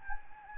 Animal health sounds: mosquito wingbeat signal from an infrared sensor; Anopheles gambiae

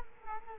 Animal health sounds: mosquito wingbeat signal from an infrared sensor; Culex quinquefasciatus

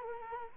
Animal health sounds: mosquito wingbeat signal from an infrared sensor; Culex quinquefasciatus

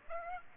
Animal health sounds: mosquito wingbeat signal from an infrared sensor; Aedes aegypti

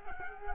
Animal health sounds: mosquito wingbeat signal from an infrared sensor; Culex quinquefasciatus

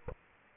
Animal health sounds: mosquito wingbeat signal from an infrared sensor; Aedes aegypti

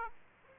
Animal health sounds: mosquito wingbeat signal from an infrared sensor; Aedes aegypti

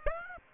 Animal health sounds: mosquito wingbeat signal from an infrared sensor; Aedes aegypti

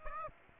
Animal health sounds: mosquito wingbeat signal from an infrared sensor; Aedes aegypti

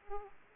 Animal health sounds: mosquito wingbeat signal from an infrared sensor; Aedes aegypti

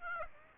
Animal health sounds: mosquito wingbeat signal from an infrared sensor; Aedes aegypti

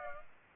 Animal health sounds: mosquito wingbeat signal from an infrared sensor; Aedes aegypti

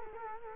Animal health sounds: mosquito wingbeat signal from an infrared sensor; Culex quinquefasciatus

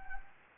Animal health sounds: mosquito wingbeat signal from an infrared sensor; Anopheles gambiae

